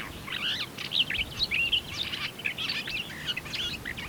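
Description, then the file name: Eurasian blackcap warbling song, a continuous jumble of quick scratchy and fluty notes running without pause through the whole stretch, with soft hiss behind. "Sylvia atricapilla"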